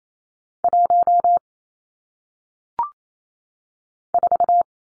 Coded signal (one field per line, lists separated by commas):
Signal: Morse code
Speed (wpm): 28 wpm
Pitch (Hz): 700 Hz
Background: none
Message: 1 4